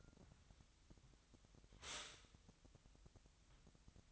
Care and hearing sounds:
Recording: daily activity, microphone in the room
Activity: stop toaster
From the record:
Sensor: 3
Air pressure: 1001.9 hPa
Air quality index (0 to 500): 245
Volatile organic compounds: 49 ppm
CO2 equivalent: 3280 ppm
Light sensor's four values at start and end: 14/41/17/15 and 14/41/17/15

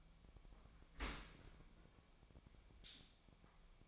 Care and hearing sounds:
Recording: daily activity, microphone in the room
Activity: open dishwasher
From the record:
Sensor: 1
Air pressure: 1006.8 hPa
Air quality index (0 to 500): 208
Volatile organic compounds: 24 ppm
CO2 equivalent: 2798 ppm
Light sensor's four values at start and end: 12/32/13/14 and 12/32/13/14

